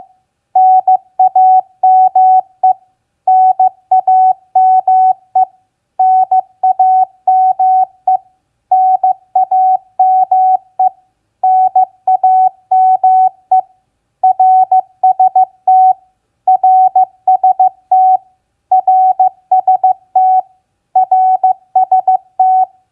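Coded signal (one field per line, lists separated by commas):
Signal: Morse code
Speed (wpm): 15 wpm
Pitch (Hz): 750 Hz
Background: none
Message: NAME NAME NAME NAME NAME RST RST RST RST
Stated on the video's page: Morse practice of common QSO elements (name, RST, QTH) at 15 wpm.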